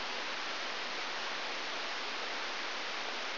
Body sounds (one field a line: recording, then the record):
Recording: brain microelectrode recording played as sound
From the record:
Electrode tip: outside the subthalamic nucleus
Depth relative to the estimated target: -8 mm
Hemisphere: right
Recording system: AlphaMap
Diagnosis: Parkinson's disease